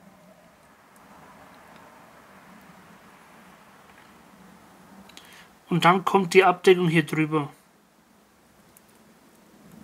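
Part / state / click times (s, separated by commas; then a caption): plastic coupling cover on model locomotive chassis / seated / 8.8 s. A plastic coupling cover is pressed over the coupling holder on the chassis of a Fleischmann BR 110 DR N-scale diesel locomotive. Someone talks, a few soft ticks come at about 5.1 and 5.2 seconds, and a short click at 8.8 seconds marks the cover clipping into place.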